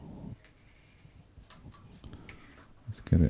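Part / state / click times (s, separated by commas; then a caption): turned wooden threaded cap onto shaker body / not seated / none. A freshly chased wooden threaded top is screwed onto a turned wooden shaker body, with soft wood rubbing and light ticking while someone talks. The thread does not engage properly and the lid cross-threads, so nothing has seated or clicked yet.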